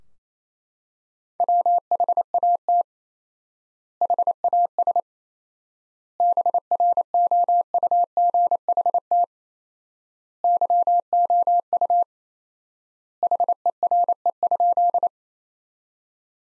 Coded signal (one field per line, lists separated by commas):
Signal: Morse code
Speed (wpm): 28 wpm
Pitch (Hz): 700 Hz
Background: none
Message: WHAT HAS BROUGHT YOU HERE?